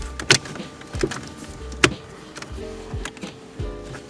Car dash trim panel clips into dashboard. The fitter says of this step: So we've heard it click all the way into place, and now we're ready to move on to the radio.